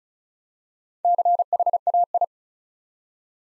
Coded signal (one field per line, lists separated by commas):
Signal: Morse code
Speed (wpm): 36 wpm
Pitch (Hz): 700 Hz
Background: none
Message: CHAI